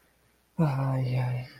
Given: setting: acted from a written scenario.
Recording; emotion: vocal sound without words; guilt